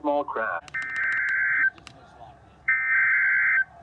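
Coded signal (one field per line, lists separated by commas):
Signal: Emergency Alert System (SAME) tones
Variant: header bursts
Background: speech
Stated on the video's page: Alerts received from NOAA Weather Radio stations and AM and FM broadcast stations.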